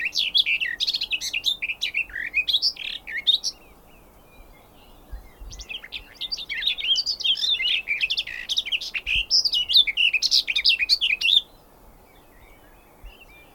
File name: kerti poszata hangja